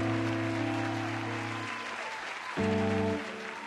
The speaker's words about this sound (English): Applause for yourself!